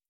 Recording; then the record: hydrophone in a shrimp aquaculture tank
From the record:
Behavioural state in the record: starved